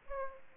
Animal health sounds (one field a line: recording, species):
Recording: mosquito wingbeat signal from an infrared sensor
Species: Aedes aegypti